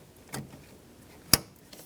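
An electrical connector is pushed onto the new high beam headlight bulb of a 2012-2017 Toyota Camry. A soft handling sound comes at 0.3 s, then a sharp, bright click at 1.3 s as the connector seats, followed by faint rustling. The connector clicks into place on the bulb.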